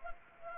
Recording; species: mosquito wingbeat signal from an infrared sensor; Anopheles gambiae